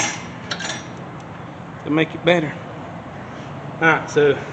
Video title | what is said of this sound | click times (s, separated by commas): How to replace rear brakes - 2009 BMW 328i | you go it'll kind of pop into place you'll see it let's see here | 0.5 s